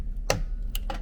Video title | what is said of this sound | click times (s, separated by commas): Computer Build - Group Project | and then once it's lined up just go ahead and press down until it makes click | 0.3 s